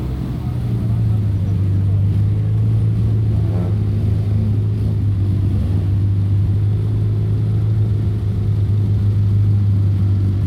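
Cars starting up and running, heard as a steady low engine drone that holds at one pitch throughout. The rumble is dense and even, with little change in loudness, and faint higher mechanical noise sits above it, including a brief rising whine around the fourth second.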